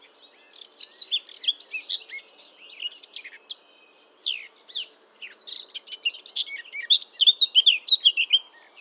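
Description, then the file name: Eurasian blackcap warbling in several phrases of quick, varied notes separated by short pauses. "Sylvia atricapilla"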